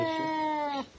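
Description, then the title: Domestic cat giving one drawn-out, tonal meow that holds steady, then drops slightly in pitch and cuts off. Cat described as angry. "Gatto arrabbiato"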